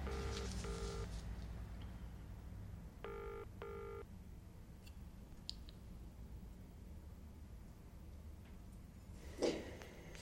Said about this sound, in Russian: задумчиво звонит по тому номеру мальчика с детдома.